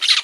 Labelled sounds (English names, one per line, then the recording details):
Brown-throated Parakeet contact call
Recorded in Margarita
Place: San Francisco, near stadium
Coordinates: 11.018, -64.294